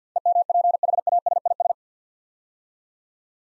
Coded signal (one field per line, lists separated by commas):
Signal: Morse code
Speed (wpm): 48 wpm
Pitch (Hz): 700 Hz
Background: none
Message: EMPHASIS